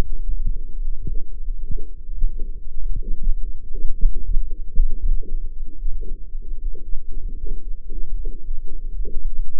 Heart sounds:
heart sounds by microphone in the right ear; 114 bpm
0.02 s: heartbeat
0.54 s: heartbeat
1.07 s: heartbeat
1.60 s: heartbeat
2.14 s: heartbeat
2.67 s: heartbeat
3.18 s: heartbeat
3.70 s: heartbeat
4.23 s: heartbeat
4.75 s: heartbeat
5.27 s: heartbeat
5.78 s: heartbeat
6.30 s: heartbeat
6.83 s: heartbeat
7.38 s: heartbeat
7.91 s: heartbeat
8.43 s: heartbeat
8.97 s: heartbeat
9.52 s: heartbeat
From the record:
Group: healthy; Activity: light exercise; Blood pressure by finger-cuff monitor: 124/82 mmHg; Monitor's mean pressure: 95 mmHg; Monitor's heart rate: 115 bpm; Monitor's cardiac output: 8.4 L/min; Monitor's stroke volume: 72 mL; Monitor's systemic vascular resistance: 810 dyn s/cm5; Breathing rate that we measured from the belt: 23 breaths a minute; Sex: male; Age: 21 years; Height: 180 cm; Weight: 67.5 kg

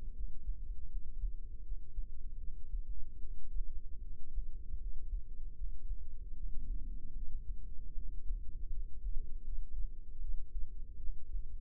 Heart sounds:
heart sounds by microphone in the left ear; 77 bpm
0.13 s: heartbeat
0.88 s: heartbeat
1.63 s: heartbeat
2.38 s: heartbeat
3.20 s: heartbeat
4.02 s: heartbeat
4.78 s: heartbeat
5.55 s: heartbeat
6.35 s: heartbeat
7.14 s: heartbeat
7.94 s: heartbeat
8.71 s: heartbeat
9.44 s: heartbeat
10.20 s: heartbeat
10.98 s: heartbeat
From the record:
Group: healthy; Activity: cold pressor test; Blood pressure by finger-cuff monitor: 103/55 mmHg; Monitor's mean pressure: 73 mmHg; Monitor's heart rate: 77 bpm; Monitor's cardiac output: 7.6 L/min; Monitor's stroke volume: 99 mL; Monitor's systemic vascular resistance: 690 dyn s/cm5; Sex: female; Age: 22 years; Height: 160 cm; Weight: 63 kg

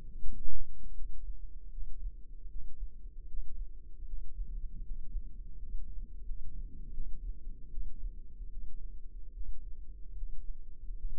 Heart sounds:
heart sounds by microphone in the left ear; 78 bpm
0.16 s: heartbeat
0.92 s: heartbeat
1.68 s: heartbeat
2.46 s: heartbeat
3.24 s: heartbeat
4.03 s: heartbeat
4.81 s: heartbeat
5.55 s: heartbeat
6.22 s: heartbeat
6.91 s: heartbeat
7.68 s: heartbeat
8.48 s: heartbeat
9.31 s: heartbeat
10.14 s: heartbeat
10.95 s: heartbeat
From the record:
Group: healthy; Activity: rest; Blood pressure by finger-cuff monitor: 101/57 mmHg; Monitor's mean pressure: 72 mmHg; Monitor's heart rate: 78 bpm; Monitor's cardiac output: 6.7 L/min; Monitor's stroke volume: 85 mL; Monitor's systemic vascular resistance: 740 dyn s/cm5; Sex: female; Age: 26 years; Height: 165 cm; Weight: 55 kg

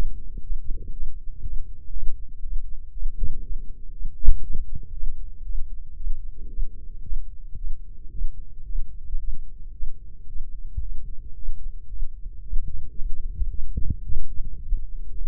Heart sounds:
heart sounds by microphone in the left ear; 114 bpm
0.41 s: heartbeat
0.92 s: heartbeat
1.42 s: heartbeat
1.92 s: heartbeat
2.42 s: heartbeat
2.92 s: heartbeat
3.42 s: heartbeat
3.91 s: heartbeat
4.42 s: heartbeat
4.93 s: heartbeat
5.44 s: heartbeat
5.96 s: heartbeat
6.48 s: heartbeat
7.02 s: heartbeat
7.56 s: heartbeat
8.10 s: heartbeat
8.64 s: heartbeat
9.18 s: heartbeat
9.72 s: heartbeat
10.26 s: heartbeat
10.81 s: heartbeat
11.34 s: heartbeat
11.88 s: heartbeat
12.42 s: heartbeat
12.96 s: heartbeat
13.49 s: heartbeat
14.03 s: heartbeat
14.57 s: heartbeat
15.10 s: heartbeat
From the record:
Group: healthy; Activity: rest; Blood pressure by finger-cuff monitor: 140/74 mmHg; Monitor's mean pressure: 90 mmHg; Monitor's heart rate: 115 bpm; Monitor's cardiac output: 10.3 L/min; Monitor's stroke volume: 89 mL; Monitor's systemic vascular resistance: 650 dyn s/cm5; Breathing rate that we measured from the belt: 18 breaths a minute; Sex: male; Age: 19 years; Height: 178 cm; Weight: 83 kg

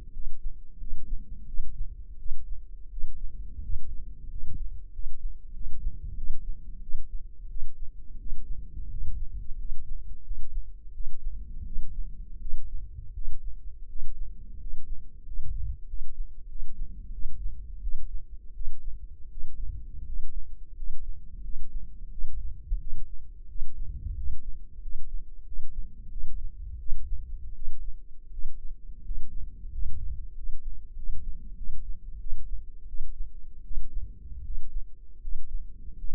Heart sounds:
heart sounds by microphone in the left ear; 87 bpm
0.12 s: heartbeat
0.78 s: heartbeat
1.46 s: heartbeat
2.17 s: heartbeat
2.90 s: heartbeat
3.61 s: heartbeat
4.28 s: heartbeat
4.91 s: heartbeat
5.52 s: heartbeat
6.15 s: heartbeat
6.80 s: heartbeat
7.48 s: heartbeat
8.18 s: heartbeat
8.89 s: heartbeat
9.57 s: heartbeat
10.23 s: heartbeat
10.92 s: heartbeat
11.64 s: heartbeat
12.39 s: heartbeat
13.13 s: heartbeat
13.87 s: heartbeat
14.58 s: heartbeat
15.24 s: heartbeat
15.86 s: heartbeat
16.47 s: heartbeat
17.11 s: heartbeat
17.80 s: heartbeat
18.53 s: heartbeat
19.29 s: heartbeat
20.04 s: heartbeat
20.74 s: heartbeat
21.41 s: heartbeat
22.09 s: heartbeat
22.78 s: heartbeat
23.47 s: heartbeat
24.14 s: heartbeat
24.80 s: heartbeat
25.44 s: heartbeat
26.09 s: heartbeat
26.77 s: heartbeat
27.53 s: heartbeat
28.30 s: heartbeat
29.02 s: heartbeat
29.69 s: heartbeat
30.33 s: heartbeat
30.94 s: heartbeat
31.55 s: heartbeat
32.18 s: heartbeat
32.86 s: heartbeat
33.62 s: heartbeat
34.42 s: heartbeat
35.19 s: heartbeat
35.96 s: heartbeat
From the record:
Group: healthy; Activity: rest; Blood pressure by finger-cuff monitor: 101/57 mmHg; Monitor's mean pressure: 69 mmHg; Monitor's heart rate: 87 bpm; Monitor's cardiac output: 8.2 L/min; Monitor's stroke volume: 94 mL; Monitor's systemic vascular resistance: 590 dyn s/cm5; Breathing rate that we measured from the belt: 12 breaths a minute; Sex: male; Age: 23 years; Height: 179 cm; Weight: 87 kg

